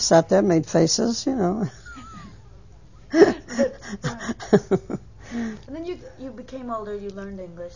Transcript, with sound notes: I sat there, made faces, you know. ( she laughs )
And then you became older, you learned English.